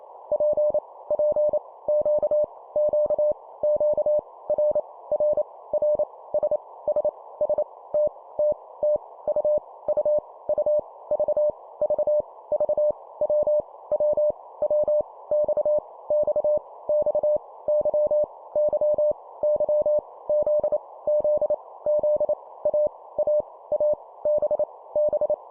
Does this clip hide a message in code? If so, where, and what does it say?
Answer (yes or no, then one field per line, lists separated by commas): yes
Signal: Morse code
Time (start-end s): 0.3-25.3 s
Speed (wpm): 28 wpm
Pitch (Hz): 600 Hz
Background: none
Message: P P Q Q Q R R R S S S T T T U U U V V V W W W X X X Y Y Y Z Z Z A A A B B